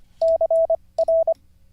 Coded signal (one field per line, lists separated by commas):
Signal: Morse code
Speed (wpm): 25 wpm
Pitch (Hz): 660 Hz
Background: radio noise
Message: CR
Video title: How to Learn Morse Code (Day 43) [Livestream]